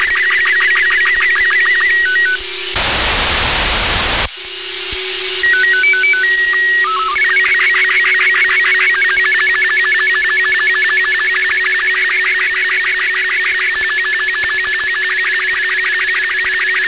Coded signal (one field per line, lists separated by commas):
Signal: SSTV (slow-scan television)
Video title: Receive SSTV via PSAT-2 (NO-104) 6-SEP-2020 over THAILAND